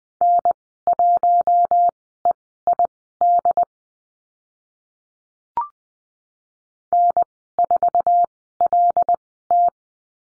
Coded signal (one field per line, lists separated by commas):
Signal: Morse code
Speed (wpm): 20 wpm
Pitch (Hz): 700 Hz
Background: none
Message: N1EID N4LT